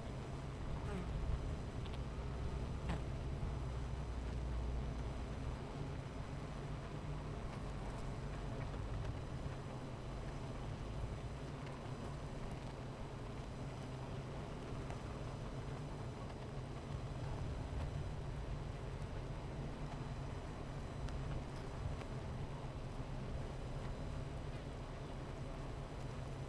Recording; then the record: honeybee colony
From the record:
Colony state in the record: missing queen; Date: 14 July 2017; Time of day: 10:53